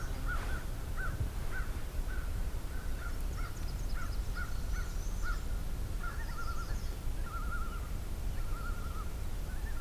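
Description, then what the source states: American Crow gives a long series of harsh, repeated caws, with faint high birdsong and a steady low rumble behind. On a morning hike into the southern half of Pine Tree Point Nature Preserve.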